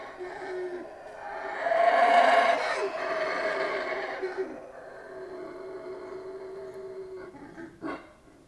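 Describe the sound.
Howler monkey howling, a rough, breathy roar that swells to a peak near two seconds, then fades into lower, drawn-out moaning tones before ending.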